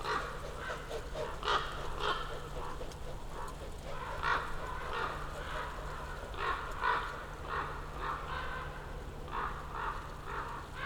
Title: Patnik mountain side, Goworów, Poland - Circling ravens